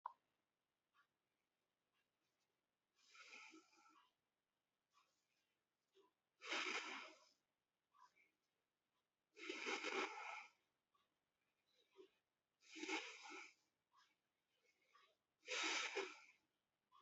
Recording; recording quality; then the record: deep breathing; excellent, no background noise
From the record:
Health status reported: healthy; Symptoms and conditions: none ticked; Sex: male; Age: 25 years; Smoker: not ticked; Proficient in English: yes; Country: India